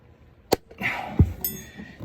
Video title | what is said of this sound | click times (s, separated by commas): Suburban rear seat stuck - FIXED! | it clicks open | 0.5 s, 1.4 s